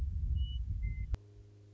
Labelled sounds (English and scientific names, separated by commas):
Western Meadowlark (Sturnella neglecta)